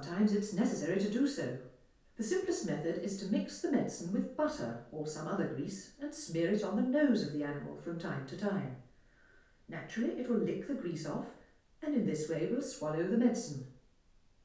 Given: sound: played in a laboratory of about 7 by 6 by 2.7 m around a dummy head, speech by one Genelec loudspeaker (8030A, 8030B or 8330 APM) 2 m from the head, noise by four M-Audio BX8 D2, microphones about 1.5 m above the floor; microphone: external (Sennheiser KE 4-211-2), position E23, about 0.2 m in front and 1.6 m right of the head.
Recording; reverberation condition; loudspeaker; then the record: female speech in English; medium; 90 degrees to the left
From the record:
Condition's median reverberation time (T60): about 510 ms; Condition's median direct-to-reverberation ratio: about -0.5 dB